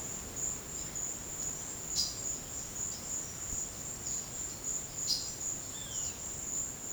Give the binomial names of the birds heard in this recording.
Cyanocorax violaceus